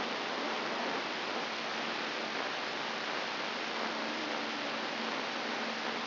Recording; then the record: brain microelectrode recording played as sound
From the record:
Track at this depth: inside the subthalamic nucleus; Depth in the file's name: 5.337 mm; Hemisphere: right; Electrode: 3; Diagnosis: Parkinson's disease